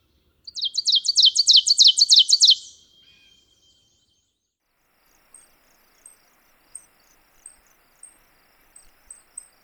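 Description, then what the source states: Ovenbird song: a fast ringing series of loud, even two-note phrases, followed by a run of soft, high, evenly spaced chip notes. Songs and calls.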